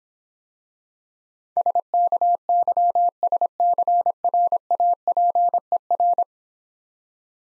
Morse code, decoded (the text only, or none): SKYSCRAPER